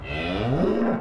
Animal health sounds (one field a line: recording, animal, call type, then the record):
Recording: contact call of a hoofed animal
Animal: cattle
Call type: low-frequency (closed-mouth) or high-frequency (open-mouth) call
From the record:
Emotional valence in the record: negative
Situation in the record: full separation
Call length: 1.01 s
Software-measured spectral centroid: 1280 Hz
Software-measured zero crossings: 1430 a second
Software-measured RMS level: -24 dBFS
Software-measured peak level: -10 dBFS